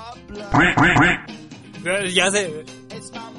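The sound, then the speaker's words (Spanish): A duck quacks in a quick run of three nasal, buzzing honks, then breaks into a longer, wavering string of quacks that rise and fall in pitch before trailing off. “Ya sé que tú mandas, pato.”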